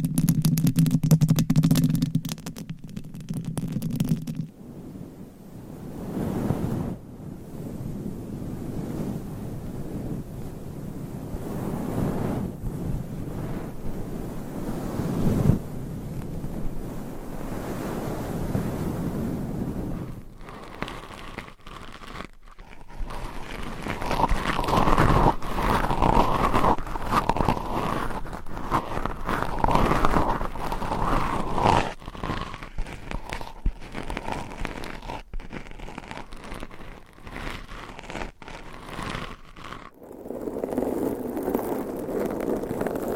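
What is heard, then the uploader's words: Dense scratching and rubbing on a microphone, a continuous rough rustle with irregular louder swipes. After a few short gaps around the twenty-second mark the scratching turns brighter and busier, then shifts to a lower, muffled rubbing for the last few seconds. ASMR Mic Scratching - Brain Scratching with 10 Mics Asmr No Talking for Sleep with Long Nails.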